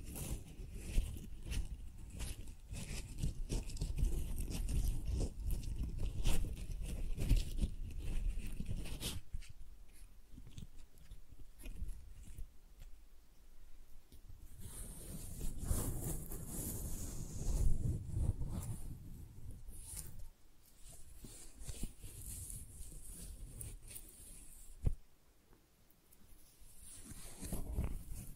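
Tingly flower sounds: crisp crinkling, rustling and soft tapping come in dense, uneven bursts with a low rumble underneath. The handling quiets around 10–14 seconds, brightens into sharper crackles near 15–19 seconds, and dips again briefly around 25 seconds.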